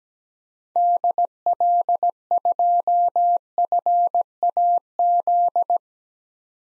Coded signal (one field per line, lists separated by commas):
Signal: Morse code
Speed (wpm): 17 wpm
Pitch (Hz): 700 Hz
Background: none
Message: DL2FAZ